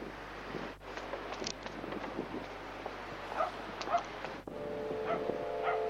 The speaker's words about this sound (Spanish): Por eso oímos perros ladrando, está en la playa de San Lorenzo.